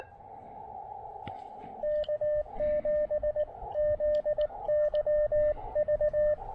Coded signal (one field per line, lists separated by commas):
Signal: Morse code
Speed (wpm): 19 wpm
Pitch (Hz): 590 Hz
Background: radio noise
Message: K7ZYV